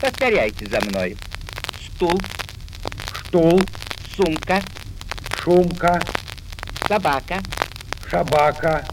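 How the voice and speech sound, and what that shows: An adult voice says Russian word pairs slowly. Each word is said first with a clear /s/, then with a hushing 'sh' in its place: stul–shtul, sumka–shumka, sobaka–shabaka. This is an imitated demonstration of sigmatism, a faulty pronunciation of whistling sibilant sounds.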